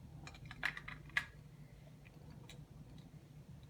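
A plastic piece is being fitted into the body of a DX Titano Charge Megazord toy robot from Power Rangers Dino Super Charge. There are light plastic taps and rattles, with sharper knocks near 0.6 and 1.2 s, then quiet handling. The piece doesn't latch in place and isn't in securely, so nothing has seated or clicked yet.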